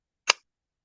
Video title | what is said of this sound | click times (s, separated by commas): 🔴 Country Floral Lane Sticky Note Cover | But the cool part is it snaps closed. Did you hear that? | 0.3 s